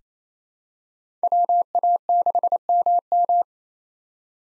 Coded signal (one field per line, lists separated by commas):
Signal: Morse code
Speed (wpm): 28 wpm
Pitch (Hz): 700 Hz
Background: none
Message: WA6MM